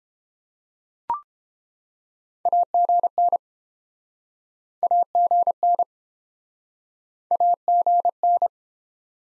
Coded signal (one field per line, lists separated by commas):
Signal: Morse code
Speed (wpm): 29 wpm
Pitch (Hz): 700 Hz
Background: none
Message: AGN AGN AGN